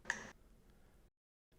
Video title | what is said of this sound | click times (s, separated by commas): XPR 消耗部品の交換方法 | rotate the electrode torque tool clockwise until you hear an audible click | 0.1 s